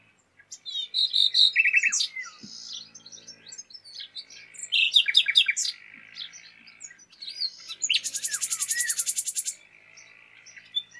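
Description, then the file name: Common nightingale song of varied chirping phrases and quick rattles, building to a long loud buzzy rattle of rapidly repeated notes, then soft scattered notes. "Luscinia megarhynchos"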